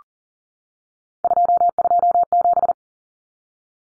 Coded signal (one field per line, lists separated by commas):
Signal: Morse code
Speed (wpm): 40 wpm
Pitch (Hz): 700 Hz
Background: none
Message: 227